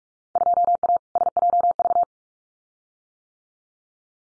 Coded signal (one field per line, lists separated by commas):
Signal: Morse code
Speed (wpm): 46 wpm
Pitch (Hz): 700 Hz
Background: none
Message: 2A SJV